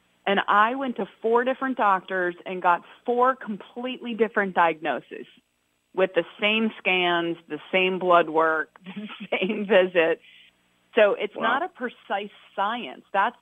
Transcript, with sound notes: and I went to four different doctors and got four completely different diagnoses with the same scans, the same blood work," (laughs) the same visit.
So it's not-
Wow.
... a precise science.